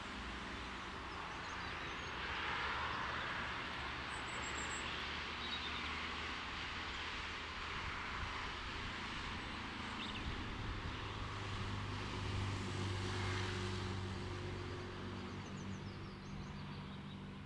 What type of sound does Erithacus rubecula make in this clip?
song